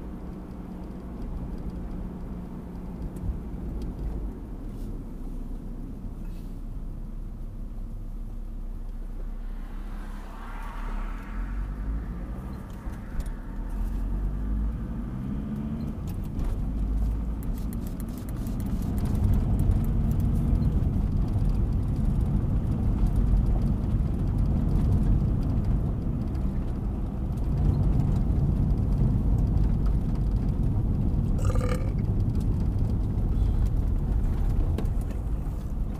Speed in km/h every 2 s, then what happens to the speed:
42, 39, 32, 22, 12, 10, 13, 21, 29, 35, 40, 44, 47, 48, 44, 40, 33, 27.
0-9 brakes to 10. 9-25 speeds up to 48. 25-36 slows to 27.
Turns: none.